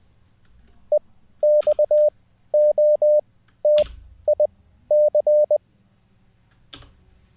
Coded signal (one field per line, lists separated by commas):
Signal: Morse code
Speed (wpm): 20 wpm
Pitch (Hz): 600 Hz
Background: none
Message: EXOTIC